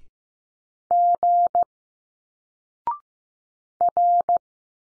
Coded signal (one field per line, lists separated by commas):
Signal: Morse code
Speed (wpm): 15 wpm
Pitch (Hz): 700 Hz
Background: none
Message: G R